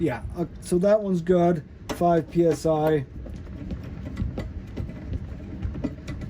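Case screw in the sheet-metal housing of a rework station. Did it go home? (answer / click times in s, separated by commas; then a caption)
no / 5.9 s, 6.1 s. Someone talks as a torque wrench set to 5 psi drives another case screw into the thin sheet-metal housing of an X-Tronic 6020 Pro X rework station. Faint ratcheting ticks follow, with sharper clicks at 5.9 s and 6.1 s. The thread gives way and the screw strips right through.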